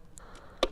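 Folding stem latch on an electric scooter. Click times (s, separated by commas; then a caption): 0.6 s. The folding stem latch on a GYROOR C1 electric scooter with a seat is undone and the metal stem is folded down. A faint tick sounds at 0.2 s. The stem latch then locks into place with a sharp, louder click at 0.6 s.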